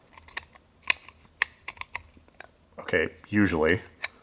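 Two serrated anti-slip mating surfaces on a wheelchair joystick swing-away mount are handled and brought together, making a series of short, sharp taps and knocks. Someone talks partway through. The surfaces have not locked or clicked into place yet.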